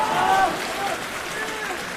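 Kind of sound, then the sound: crowd, audience applause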